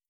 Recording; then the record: hydrophone in a shrimp aquaculture tank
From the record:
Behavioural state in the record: starved